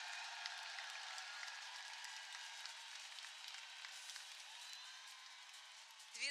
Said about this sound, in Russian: Аплодисменты нашему жюри. Давайте вместе поддержим эту непростую, но такую важную работу.